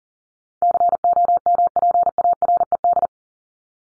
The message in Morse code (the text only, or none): COMPARED